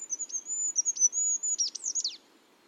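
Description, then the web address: Bird producing a thin, high, fast twittering series of short notes and downward slurs, ending after about two seconds. "cianscape. Deverinetal 2025. Bird Only"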